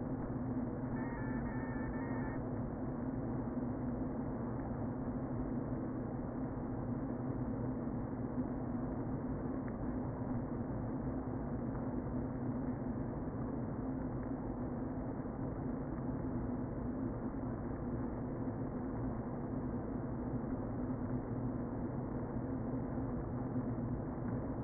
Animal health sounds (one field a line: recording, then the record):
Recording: honeybee colony, microphone inside the hive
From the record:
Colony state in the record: queen present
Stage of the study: before two queens were removed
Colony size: about 60,000 bees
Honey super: yes